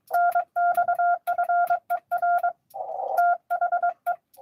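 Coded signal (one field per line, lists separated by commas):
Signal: Morse code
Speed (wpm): 23 wpm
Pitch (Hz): 690 Hz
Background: none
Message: NX FER THE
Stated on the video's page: Live Parks on the Air CW activation at a state park.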